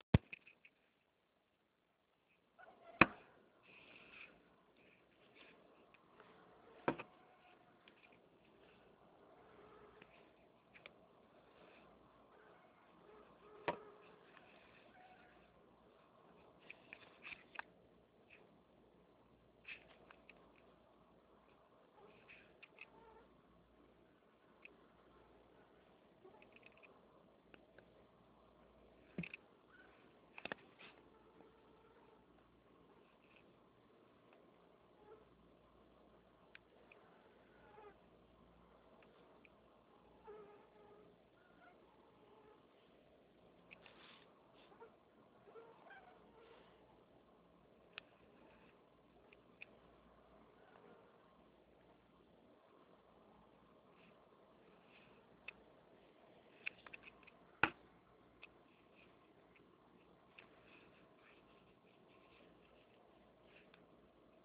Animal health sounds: mosquito flight sound by mobile phone; Anopheles albimanus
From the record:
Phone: Nokia 6555B

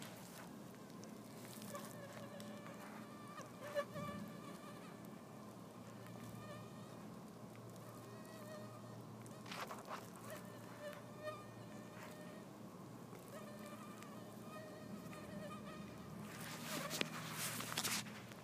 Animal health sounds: mosquito flight sound by mobile phone; Anopheles gambiae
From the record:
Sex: female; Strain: Kisumu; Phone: iPhone 4S

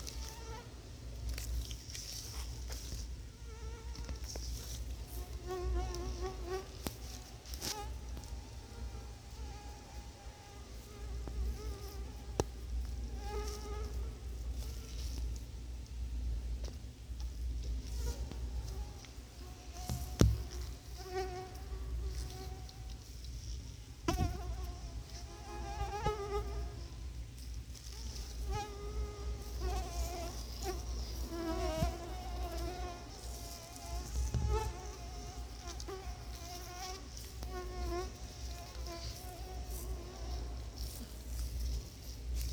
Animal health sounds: mosquito flight sound by mobile phone; Anopheles quadrimaculatus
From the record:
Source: Auburn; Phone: Sony Xperia

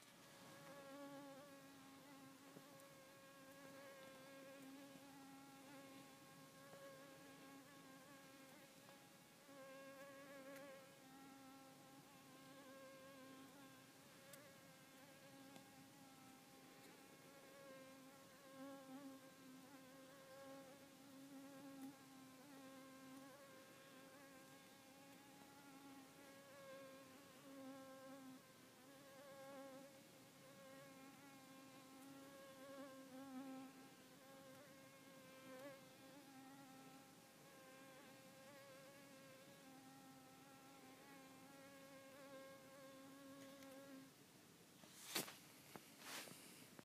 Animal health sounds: mosquito flight sound by mobile phone; Culiseta incidens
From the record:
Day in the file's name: 4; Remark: blood-fed, one hour after the blood meal

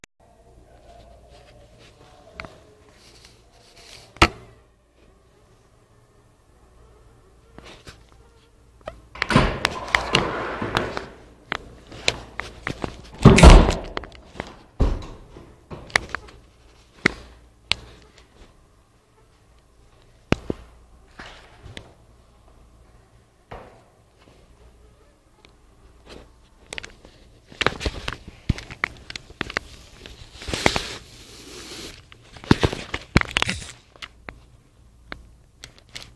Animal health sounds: mosquito flight sound by mobile phone; Anopheles freeborni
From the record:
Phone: Nokia 5235

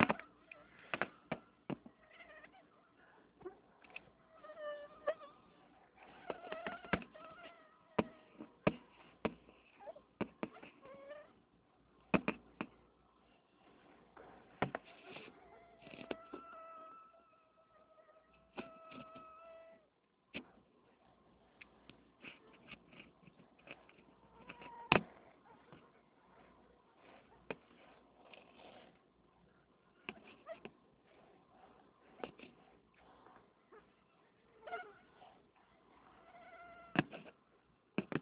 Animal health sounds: mosquito flight sound by mobile phone; Anopheles freeborni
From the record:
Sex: mixed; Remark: in a cage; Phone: Nokia 6555B

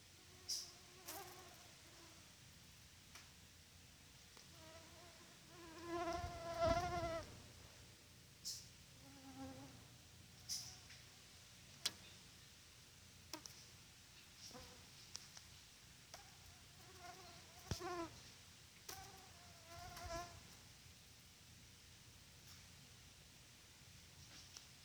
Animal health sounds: mosquito flight sound by mobile phone; Culex quinquefasciatus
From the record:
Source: SanMateoVCD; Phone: Sony Xperia

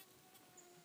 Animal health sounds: mosquito flight sound by mobile phone; Aedes sierrensis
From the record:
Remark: in a plastic bag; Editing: cut to the mosquito's sound

